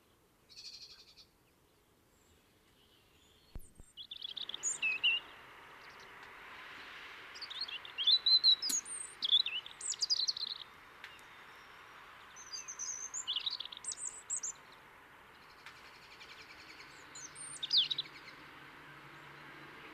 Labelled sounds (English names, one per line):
European Robin song